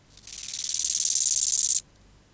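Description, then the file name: Bow-winged grasshopper song: a single rasping phrase of about one and a half seconds, high and buzzy, swelling in loudness before stopping abruptly. "Chorthippus biguttulus"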